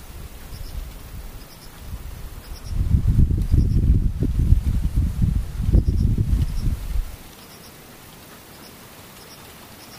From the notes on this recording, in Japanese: 無音遠くにムシ